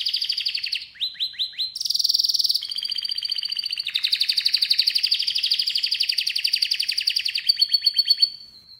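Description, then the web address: Canary song: an unbroken run of rapid trills, sharp chirps and a long loud rolling buzz, each note repeating very quickly. "Canari Seda Canari"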